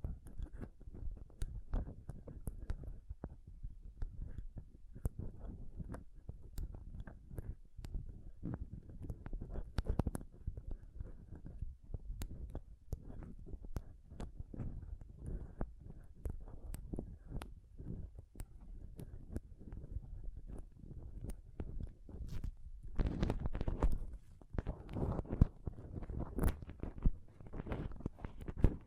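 Intense close-up mic scratching and touching, a dense run of rough scrapes, taps and bumps that never settles into a regular pattern. The sound is mostly low and thumping, with sharp brighter clicks scattered throughout, and a heavier, fuller burst of rubbing around 23 seconds.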